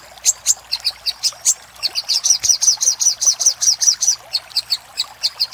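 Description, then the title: Little spiderhunter song, high thin notes repeated quickly, steady and even through the middle section. Master recording for training cage birds; Indonesian name sogok ontong, labelled labaik. "Masteran Burung Sogok Ontong Labaik"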